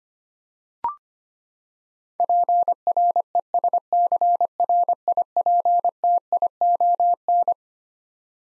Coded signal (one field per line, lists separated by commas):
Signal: Morse code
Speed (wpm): 25 wpm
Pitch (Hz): 700 Hz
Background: none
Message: PRESCRIPTION